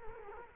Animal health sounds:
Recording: mosquito wingbeat signal from an infrared sensor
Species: Culex quinquefasciatus

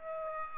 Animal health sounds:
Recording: mosquito wingbeat signal from an infrared sensor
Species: Aedes aegypti

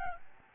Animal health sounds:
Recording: mosquito wingbeat signal from an infrared sensor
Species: Aedes albopictus

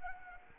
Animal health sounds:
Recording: mosquito wingbeat signal from an infrared sensor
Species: Anopheles arabiensis

